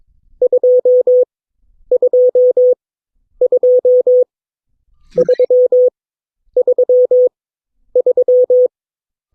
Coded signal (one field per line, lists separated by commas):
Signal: Morse code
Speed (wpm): 22 wpm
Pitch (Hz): 500 Hz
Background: none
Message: 2 2 2 3 3 3